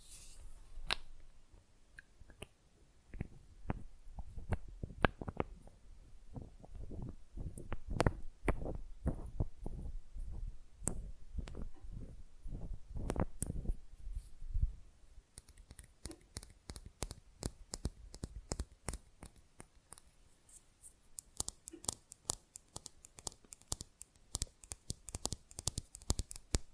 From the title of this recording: Manicure Session Fast & Rough Nail Filing + Tapping